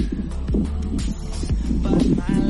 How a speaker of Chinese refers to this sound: 吹那个电风扇降温一下就没事了。 哎、欸，很大声是不是？ 嗯，也没有还好，但就听得出来。